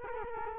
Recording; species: mosquito wingbeat signal from an infrared sensor; Culex quinquefasciatus